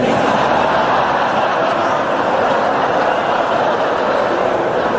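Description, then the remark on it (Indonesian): A loud, steady roar of a new train moving along the rails, a dense continuous rumble and hiss that holds evenly for the whole stretch with no distinct rhythmic clatter standing out. “Dan akhirnya sampai hari ini saya sedang berada di hadapan kereta api yang baru.”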